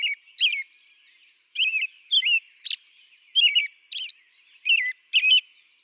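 American robin song: a series of caroling, slurred phrases separated by brief pauses.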